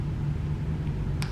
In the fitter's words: and you should hear it click that's the best way to do it